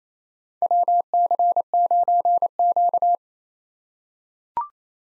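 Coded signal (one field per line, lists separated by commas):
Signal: Morse code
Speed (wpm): 29 wpm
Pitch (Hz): 700 Hz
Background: none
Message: WC9Q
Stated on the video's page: Head-copy drill of 4-character USA call signs at 28 wpm with Farnsworth 3x character spacing, each sent, spoken, then sent again.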